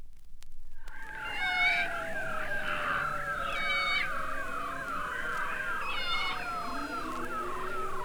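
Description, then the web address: Beluga whale whistles, a long wavering tone rising and falling in rapid regular undulations, with higher chirps and overtone-rich squeals layered above. Several belugas in the Arctic. "Avant Garde Project. Arctic Belugas"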